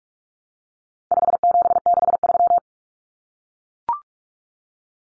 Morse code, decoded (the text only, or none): 5763